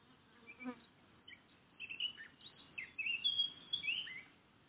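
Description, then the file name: Eurasian blackcap song, a few faint, scattered warbled notes, mostly in the second half, with low background hiss. "Sylvia atricapilla"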